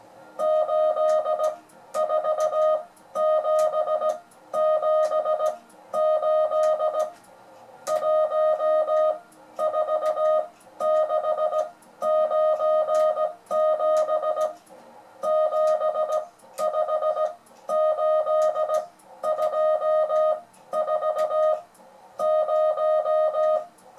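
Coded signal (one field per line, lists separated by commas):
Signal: Morse code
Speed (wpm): 17 wpm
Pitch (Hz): 620 Hz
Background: music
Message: 84778 14697 75824 0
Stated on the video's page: French beginners' Morse lesson demonstrating reading by ear.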